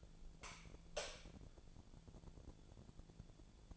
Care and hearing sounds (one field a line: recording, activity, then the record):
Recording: daily activity, microphone in the room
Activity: light on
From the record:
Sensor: 5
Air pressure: 1000.2 hPa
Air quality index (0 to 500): 97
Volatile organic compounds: 1 ppm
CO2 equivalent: 788 ppm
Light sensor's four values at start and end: 221/526/225/247 and 225/538/230/253